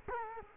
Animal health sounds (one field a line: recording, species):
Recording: mosquito wingbeat signal from an infrared sensor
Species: Culex quinquefasciatus